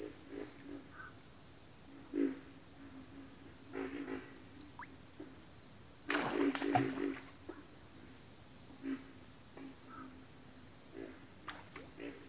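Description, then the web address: Pig frog grunting, low hoarse croaks repeated irregularly with a louder rough burst midway, under a continuous high insect buzz. "Sounds of Nature Collection. Pig Frogs"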